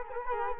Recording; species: mosquito wingbeat signal from an infrared sensor; Culex quinquefasciatus